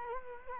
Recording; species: mosquito wingbeat signal from an infrared sensor; Culex quinquefasciatus